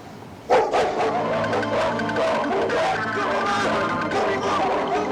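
A pack of male dogs on Cheung Chau barks at once, an abrupt, loud, overlapping chorus of yaps and woofs that starts suddenly and keeps going steadily, with a busy murmur of other sound underneath.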